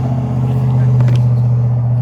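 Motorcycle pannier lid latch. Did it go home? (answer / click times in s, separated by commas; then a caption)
no / none. A rider closes the lid of a pannier on a Harley Davidson Heritage Classic motorcycle over a steady low engine-like hum, with two brief sharp taps at about 1.0 and 1.2 seconds. The latch fails to lock, and nothing has clicked or seated yet.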